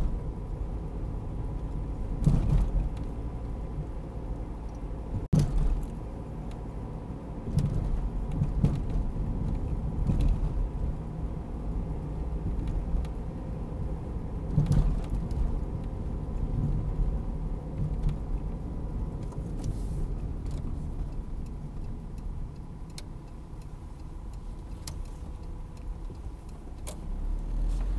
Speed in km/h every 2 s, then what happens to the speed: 40, 43, 44, 42, 43, 44, 44, 44, 42, 38, 24, 16, 9, 10.
0-15 steady at about 43. 15-24 brakes to 9.